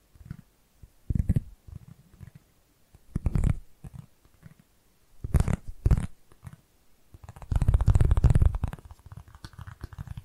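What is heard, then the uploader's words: Soft tapping comes in short irregular clusters with quiet gaps, thumpy and low with crisp clicks, building to a denser flurry near the end. ASMR Tapping Different Areas of Your Brain 3D Panning Triggers (No Talking).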